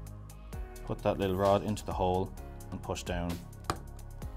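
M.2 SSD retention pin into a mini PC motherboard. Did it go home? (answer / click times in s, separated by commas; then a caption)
yes / 3.7 s. A plastic rod-style retention pin is pushed down through the hole to hold an M.2 SSD in its slot on the motherboard of a P360 Ultra workstation mini PC while someone talks over background music. The pin clicks into place with a sharp, short snap at 3.7 s, seating it.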